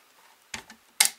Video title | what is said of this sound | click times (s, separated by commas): how to take down a m&p AR 15-22 witht the yankee cowboy | the pin forward you hear it click | 1.0 s